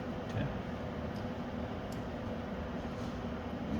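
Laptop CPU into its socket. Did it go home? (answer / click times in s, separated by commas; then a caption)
no / none. A laptop CPU is lined up by its triangle marker with the socket's triangle and set into the socket without force, before the socket lock is turned. Only a steady low hum and faint handling noise are heard, with no distinct transients. Nothing has seated or clicked yet.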